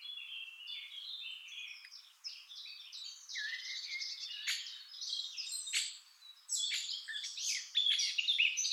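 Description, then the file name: Eurasian blackcap giving a rambling, scratchy warble of varied high notes, with brief gaps. "Sylvia atricapilla"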